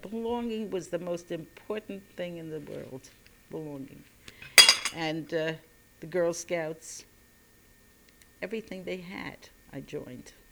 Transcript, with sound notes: Belonging was the most important thing in the world. Belonging. [A dish falls] And the Girl Scouts. Everything they had I joined.